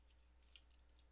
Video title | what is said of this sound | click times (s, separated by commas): Build With Baer Workshop 153 2/2/19 Pod Ball MG, start of RE 100 Hamma Hamma | just kind of fits in there it doesn't lock in place great | 0.6 s